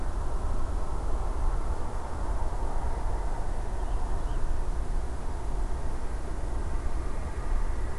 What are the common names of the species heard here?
Wood Lark